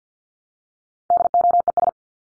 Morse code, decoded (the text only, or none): DOES